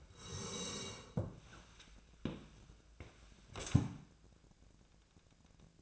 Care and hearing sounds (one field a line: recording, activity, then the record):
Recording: daily activity, microphone in the room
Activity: sit down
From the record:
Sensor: 2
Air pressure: 1000.3 hPa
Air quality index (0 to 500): 159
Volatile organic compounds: 3 ppm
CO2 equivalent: 1328 ppm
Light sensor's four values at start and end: 9/19/9/9 and 8/19/8/9